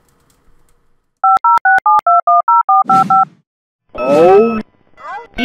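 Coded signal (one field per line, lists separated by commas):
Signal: DTMF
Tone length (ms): 160 ms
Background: speech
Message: 5067210455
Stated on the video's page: Made-up sound file in which an audio clip is edited to sound like a dial-up modem connection.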